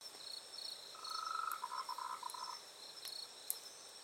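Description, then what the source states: Frog calling, a short rapid trill lasting about a second and a half, with a steady high insect buzz and scattered clicks behind it. Recorded on 26 October 2020 in the evening, at 20:47.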